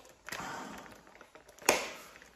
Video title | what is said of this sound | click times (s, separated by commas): 샤오미 자동분무기 가능한 물걸레 청소기 | 밀어주면 딱 소리 나죠? | 1.7 s